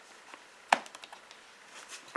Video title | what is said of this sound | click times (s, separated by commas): Critter Collection Tour #1 | it clicked back into place yeah did all right | 0.7 s